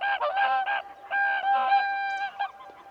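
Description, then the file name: Whooper swan giving resonant honks, a rapid stuttering series followed by a longer drawn-out trumpet note, then a few shorter calls. "Sangsvan"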